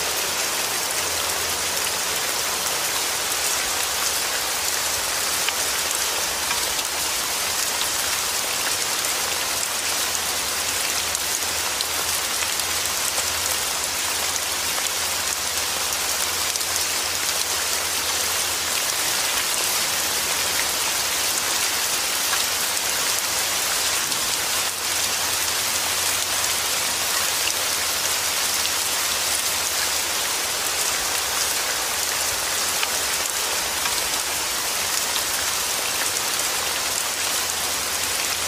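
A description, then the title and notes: Steady rain falls throughout, a dense, even hiss weighted toward the bright, high end with no breaks or swells. A faint low hum sits underneath, stronger in the first half and again briefly after the midpoint, like distant machinery or traffic. Rain.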